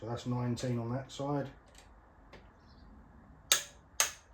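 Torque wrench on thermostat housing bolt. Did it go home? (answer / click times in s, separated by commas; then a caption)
yes / 3.5 s, 4.0 s. Someone talks, then a torque wrench tightens a thermostat housing bolt on a Mazda MX5 track car, clicking sharply at 3.5 and 4.0 seconds. The wrench clicks at its setting of 19, so the bolt is torqued to the correct spec.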